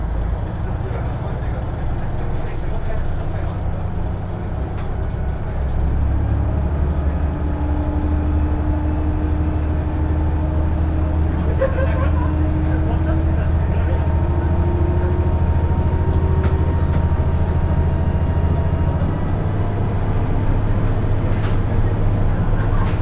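Inside a two-car KiHa 110 diesel train, a steady low engine rumble and drone persists, growing slightly louder after six seconds, with faint tonal whines.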